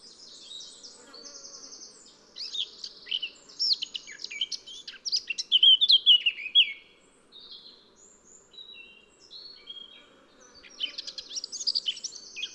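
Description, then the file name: Eurasian blackcap song: a scratchy warble building to a few loud clear notes, a quieter stretch of thin high notes, then another warbling burst. "Sylvia atricapilla"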